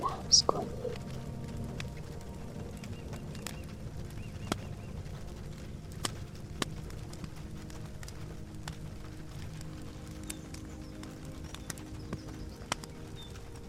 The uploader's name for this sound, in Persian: باران و آتش